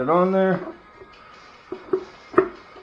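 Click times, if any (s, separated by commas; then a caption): 1.9 s, 2.4 s. Someone talks briefly as a torque converter is rotated and pushed onto the transmission input shaft during a VW Touareg V10 TDI swap. Two sharp metallic clicks sound at 1.9 s and 2.4 s as it drops onto the first splines. It is only partly seated, with one more click still needed.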